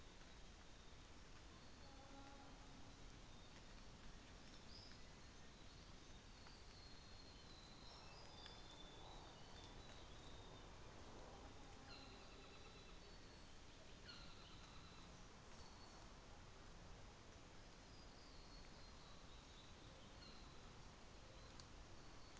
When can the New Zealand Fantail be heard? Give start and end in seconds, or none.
none